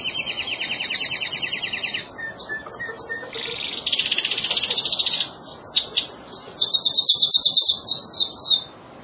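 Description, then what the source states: Songbird song opening with long rattling trills, then scratchy chattering phrases and a run of bright staccato notes near the end, over steady background hiss. Masteran recording, used as training audio for cage birds.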